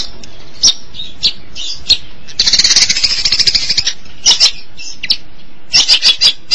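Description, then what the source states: Long-tailed Shrike giving scattered harsh high notes with a brief buzzy trill burst in the middle and a cluster of sharp chips at the end. Called pentet in Indonesian; recording labelled 201703.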